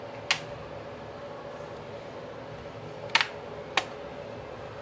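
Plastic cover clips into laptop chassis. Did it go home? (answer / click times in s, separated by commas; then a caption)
yes / 0.3 s, 3.2 s, 3.8 s. While reassembling an HP notebook, the plastic case cover is gently pressed around its edge so its clips lock into the laptop chassis, which is how you check that they have locked. Sharp plastic clicks sound at 0.3, 3.2 and 3.8 seconds over a steady faint hum, and a smaller second click follows right after the one at 3.2 seconds. The clips snap in and the cover is seated.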